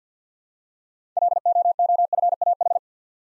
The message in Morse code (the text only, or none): LOOFAH